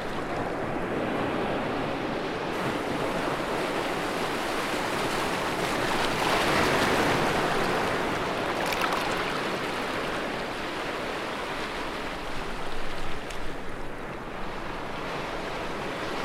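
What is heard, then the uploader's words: Ocean waves roll in with a thick, continuous wash of surf that swells gently around the middle and eases off again. The hiss stays dense throughout, with a brief brighter splash near nine seconds and a faint rumble underneath. Majestic Ocean Waves Sounds & A Soothing Oceanic Breeze On An Idyllic Beach Day. The mighty ocean waves approach, one after the other, in a never-ending rhythm. You can hear the sound of the water crashing against itself, a symphony of splashes and roars that fills your ears.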